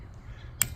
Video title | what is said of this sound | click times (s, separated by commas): Ford Edge HOW TO: Replace Windshield Wiper (2007-2014) + Lincoln MKX / Transit Connect | then you can just snap that cover back on | 0.6 s